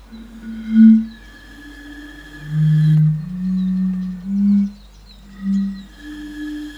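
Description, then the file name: European fire-bellied toads giving low, soft, drawn-out hoots, several overlapping into a longer sequence. "cnv 08-henrik olsson anders dahl - bombina bombina"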